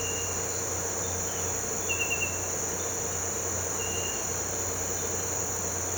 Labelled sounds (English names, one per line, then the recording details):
none
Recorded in pastures near Puerto Asís, Putumayo, Colombia, on 9 March 2025 at 07:00
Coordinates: 0.466, -76.322
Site CSA-02